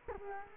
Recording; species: mosquito wingbeat signal from an infrared sensor; Culex quinquefasciatus